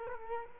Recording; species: mosquito wingbeat signal from an infrared sensor; Culex quinquefasciatus